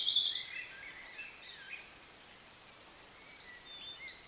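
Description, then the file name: European robin song: a short trilling phrase with sliding whistles, a pause, then a second high, glittering phrase. "Erithacus rubecula"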